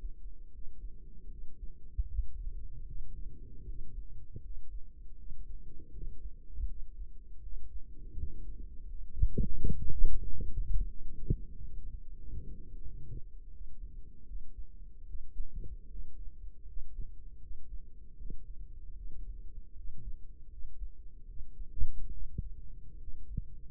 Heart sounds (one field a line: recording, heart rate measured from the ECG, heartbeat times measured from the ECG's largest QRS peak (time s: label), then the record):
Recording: heart sounds by microphone in the right ear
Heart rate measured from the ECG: 80 bpm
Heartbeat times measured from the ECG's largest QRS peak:
0.49 s: heartbeat
1.27 s: heartbeat
2.05 s: heartbeat
2.83 s: heartbeat
3.63 s: heartbeat
4.39 s: heartbeat
5.14 s: heartbeat
5.89 s: heartbeat
6.65 s: heartbeat
7.40 s: heartbeat
8.14 s: heartbeat
8.83 s: heartbeat
9.52 s: heartbeat
10.20 s: heartbeat
10.87 s: heartbeat
11.51 s: heartbeat
12.16 s: heartbeat
12.82 s: heartbeat
13.50 s: heartbeat
14.24 s: heartbeat
15.04 s: heartbeat
15.87 s: heartbeat
16.64 s: heartbeat
17.38 s: heartbeat
18.15 s: heartbeat
18.93 s: heartbeat
19.73 s: heartbeat
20.47 s: heartbeat
21.25 s: heartbeat
22.09 s: heartbeat
22.96 s: heartbeat
From the record:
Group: healthy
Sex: male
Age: 35 years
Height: 178 cm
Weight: 64 kg